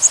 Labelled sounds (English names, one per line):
Bay-breasted Warbler flight call